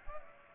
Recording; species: mosquito wingbeat signal from an infrared sensor; Culex pipiens